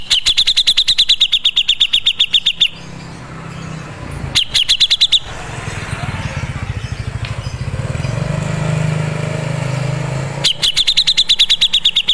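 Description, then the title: Grey-cheeked bulbul call: three bursts of rapid high chips, separated by quieter gaps with a low hum. Masteran recording made for training other songbirds to learn this bird's sound. "MASTERAN CUCAK JENGGOT"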